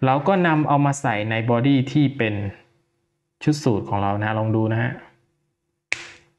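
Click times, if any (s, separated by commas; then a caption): 5.9 s. Someone talks while a swappable action figure head is pushed onto the neck joint of a suited figure body, from Marauder. After a pause, one sharp click is heard at 5.9 seconds as the head snaps onto the body and is seated.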